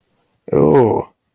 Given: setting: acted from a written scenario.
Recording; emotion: vocal sound without words; disgust